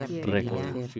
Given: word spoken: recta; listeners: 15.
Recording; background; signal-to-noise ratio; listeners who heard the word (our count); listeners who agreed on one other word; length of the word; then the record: one Spanish word in noise, from a listening test; four-talker babble; 0.0 dB; 0 of 15; 7 of 15; 0.60 s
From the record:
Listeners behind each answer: 7, 1, 1, 1, 1, 1, 1, 1, 1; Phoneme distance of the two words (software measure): 41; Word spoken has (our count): 2 syllables, 5 phonemes, stress on syllable 1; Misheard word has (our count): 2 syllables, 6 phonemes, stress on syllable 1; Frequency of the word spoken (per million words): 18.44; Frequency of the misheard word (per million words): 21.10